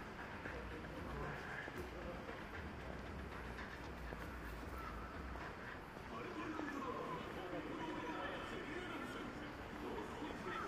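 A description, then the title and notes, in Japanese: A bustling Saturday morning in Shinjuku's Omoide Yokocho, with overlapping voices chattering steadily throughout. A low rumble of traffic sits underneath for the whole eleven seconds, and a few brief brighter tones rise out of the crowd noise after the middle. Shinjuku,Saturday morning。Morning in bustling Shinjuku is different from night.Kabukicho～Hotel street～ Kabukicho,Sakura street～Kabukicho,Ichiban-gai～Omoide Yokocho～Shinjuku East exit.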